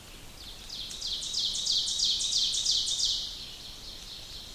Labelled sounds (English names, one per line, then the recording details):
Ovenbird song
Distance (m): 40 m
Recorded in boreal forest in Alberta, Canada, on 2 June 2016 at 06:19
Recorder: SongMeter 3, array SBT-3-7
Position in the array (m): -2 m, 87 m
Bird 7